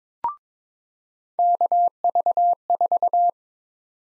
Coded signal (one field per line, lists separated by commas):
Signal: Morse code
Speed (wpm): 23 wpm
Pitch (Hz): 700 Hz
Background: none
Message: KV4